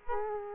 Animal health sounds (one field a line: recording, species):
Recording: mosquito wingbeat signal from an infrared sensor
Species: Culex quinquefasciatus